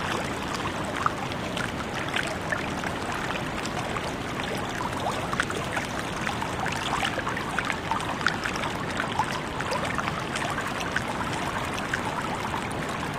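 Gentle sea water laps and sloshes, a steady, dense wash of low rumble with frequent small splashes and bright droplet ticks scattered throughout. The level stays even for the whole stretch, with no distinct waves breaking and no other sounds.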